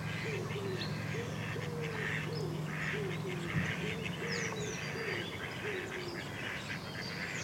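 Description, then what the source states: Duck calling in a series of nasal quacks, with other birds chirping and whistling higher up and a constant low hum behind. Ducks together with other birds near water.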